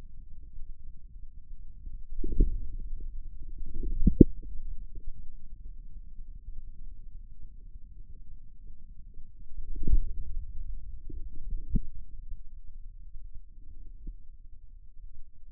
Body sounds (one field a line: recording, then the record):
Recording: forearm muscle sounds (acoustic myography)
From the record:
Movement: inward rotation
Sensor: system 2, bracelet of six BSWA MPA416 microphones around the upper forearm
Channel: 2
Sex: male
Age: 22 years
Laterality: right